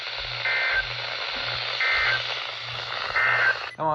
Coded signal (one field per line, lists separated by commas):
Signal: Emergency Alert System (SAME) tones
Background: speech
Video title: GENERAL RISK TORNADOES | Alerts from 9/29/24 - 9/30/24 (EAS #1426 - 1445)